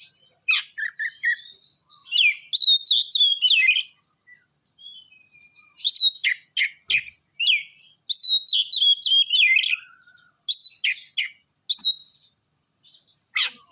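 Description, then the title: Oriental magpie-robin song of rapid chattering notes, whistled phrases and sharp falling strokes, delivered in bursts with short pauses. "kacer"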